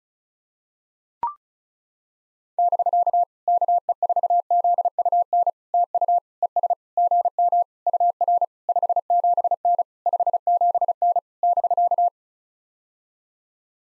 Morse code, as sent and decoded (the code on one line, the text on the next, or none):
-...-.- / -.- . ....- --.. ..- -. / - ..- / . ... / --. -- / ..- .-. / ..... --... -. / ..... --... -. / -...-.-
<BK> KE4ZUN TU ES GM UR 57N 57N <BK>